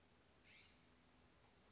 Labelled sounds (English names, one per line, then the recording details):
California Scrub-Jay
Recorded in Sonoma County, California